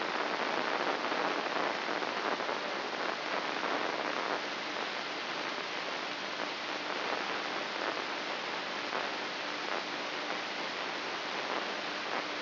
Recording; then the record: brain microelectrode recording played as sound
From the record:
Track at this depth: outside the subthalamic nucleus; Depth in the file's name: 3.044 mm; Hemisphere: left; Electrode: 3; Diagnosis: Parkinson's disease